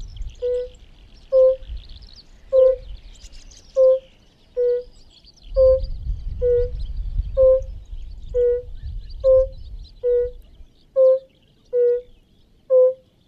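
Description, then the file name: European fire-bellied toad giving many soft 'oop' calls in steady rhythm; birdsong at the start and a low rumble through the middle. "Rotbauchunke"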